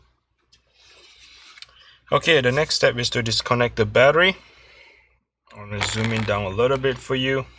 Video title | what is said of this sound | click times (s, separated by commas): FIXED Macbook Air A2337 Cracked Screen | Clipper here which is clipping down here right in the middle when you pop it out you can hear that little click sound which is normal | 0.5 s, 1.6 s